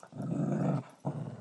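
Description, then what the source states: Dog growling, a low rumbling growl lasting under a second, a short pause, then a second growl starting up. Pet dog named Bentley growling while chewing a bone the owner holds; recorded May 06, 2013, 09:50 PM.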